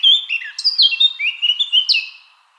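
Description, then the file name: Eurasian blackcap delivering a brief, melodious flourish of clear whistled notes with rising and falling slides, then fading out. "Sylvia atricapilla"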